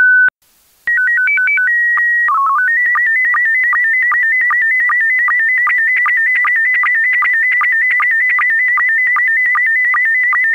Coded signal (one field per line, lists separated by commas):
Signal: SSTV (slow-scan television)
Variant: PD 50